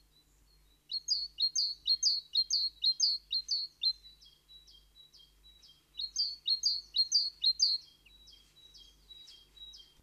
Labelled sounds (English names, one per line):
Great Tit song